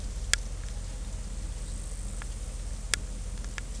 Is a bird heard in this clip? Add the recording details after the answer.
no. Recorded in secondary vegetation near Puerto Asís, Putumayo, Colombia, on 16 December 2024 at 12:30. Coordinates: 0.468, -76.324. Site G095